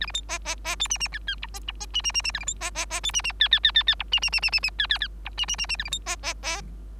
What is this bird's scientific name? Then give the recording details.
Lonchura striata domestica. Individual Bird3